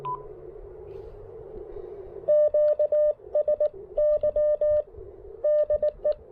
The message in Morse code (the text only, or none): QSY DE